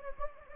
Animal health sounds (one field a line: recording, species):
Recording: mosquito wingbeat signal from an infrared sensor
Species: Anopheles gambiae